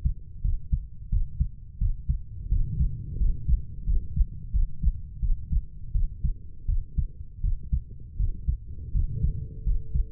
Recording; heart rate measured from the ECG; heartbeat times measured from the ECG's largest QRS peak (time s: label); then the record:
heart sounds by stethoscope; 85 bpm
0.42 s: heartbeat
1.10 s: heartbeat
1.78 s: heartbeat
2.49 s: heartbeat
3.18 s: heartbeat
3.85 s: heartbeat
4.52 s: heartbeat
5.20 s: heartbeat
5.92 s: heartbeat
6.66 s: heartbeat
7.41 s: heartbeat
8.17 s: heartbeat
8.92 s: heartbeat
9.64 s: heartbeat
From the record:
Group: healthy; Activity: rest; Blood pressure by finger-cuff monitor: 127/52 mmHg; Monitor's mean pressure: 73 mmHg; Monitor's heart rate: 85 bpm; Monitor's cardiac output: 9.8 L/min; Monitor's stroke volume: 115 mL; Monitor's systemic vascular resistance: 540 dyn s/cm5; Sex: female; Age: 32 years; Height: 168 cm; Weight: 61.9 kg